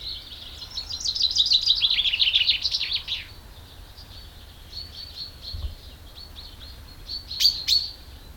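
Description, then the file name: Common chaffinch song: a fast trill of bright notes that drops slightly in pitch, then quieter scattered notes and a final sharp chirp. "Fringilla coelebs"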